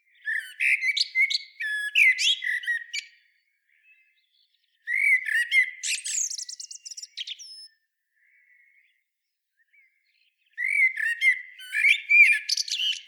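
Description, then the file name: Common blackbird song: three fluted warbling phrases with squeaky, chattering high notes, separated by quiet pauses. "Turdus merula"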